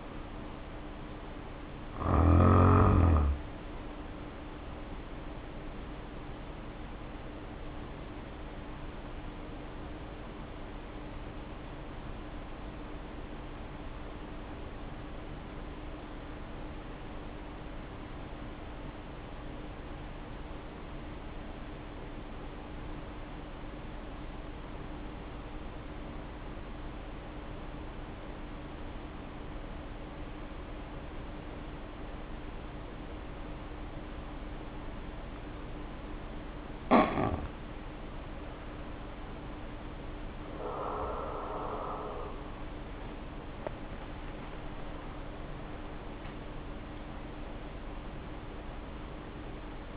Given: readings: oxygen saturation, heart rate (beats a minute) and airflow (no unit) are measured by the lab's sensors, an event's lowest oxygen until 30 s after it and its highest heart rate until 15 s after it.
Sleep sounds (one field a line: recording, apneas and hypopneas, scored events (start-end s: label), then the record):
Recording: breathing in sleep by a voice recorder at the bedside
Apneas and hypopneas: 1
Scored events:
2.00-49.96 s: new sleep stage, N1 (lightest sleep)
9.00-38.80 s: hypopnea (N1, oxygen 95% highest, then 73% lowest, heart rate 51 at the start, 78 highest)
From the record:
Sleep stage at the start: N2 (light sleep)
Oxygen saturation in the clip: 72 to 95%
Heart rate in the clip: 51 to 77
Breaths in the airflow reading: 13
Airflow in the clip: -3.5 to 3.4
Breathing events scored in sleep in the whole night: 520 in 7.2 hours asleep